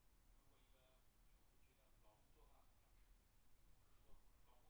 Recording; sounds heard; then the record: poultry house recording; no chicken sound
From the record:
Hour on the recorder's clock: 17